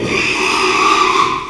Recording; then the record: squeal of a Yucatan mini pig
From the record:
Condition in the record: after surgery on the right vocal fold (resection and tissue-engineered implant); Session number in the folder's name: 1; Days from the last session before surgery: 6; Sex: male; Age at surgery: 12 weeks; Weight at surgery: 13 kg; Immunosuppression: cyclosporine, prednisolone